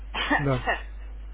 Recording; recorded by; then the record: voluntary cough; telephone call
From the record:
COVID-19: negative